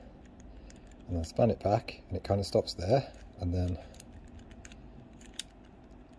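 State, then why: Released. Someone talks while an old, new-with-tags Yale combination locker safe lock is worked by feel, its metal dial spun back to where it stops, with faint ticks heard through the quiet stretches. The shackle is then pulled and releases from the lock body with a sharp clunk at 5.4 s, and the lock is open.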